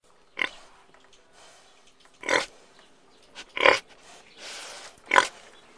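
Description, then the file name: Pig grunting in four short, rough, noisy bursts spread irregularly over a few seconds. "cerdo"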